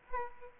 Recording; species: mosquito wingbeat signal from an infrared sensor; Aedes aegypti